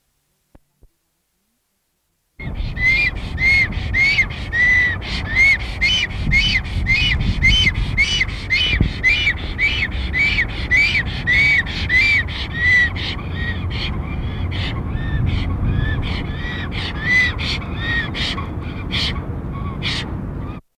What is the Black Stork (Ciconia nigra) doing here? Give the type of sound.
call